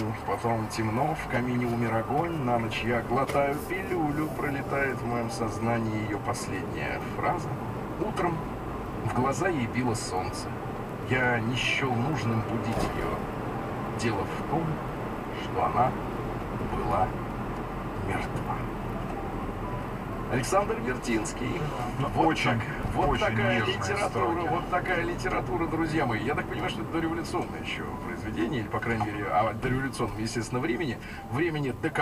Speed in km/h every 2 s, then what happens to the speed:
12, 14, 22, 29, 40, 42, 44, 48, 48, 46, 44, 40, 40, 40, 35, 27.
0-14 speeds up to 48. 14-32 slows to 27.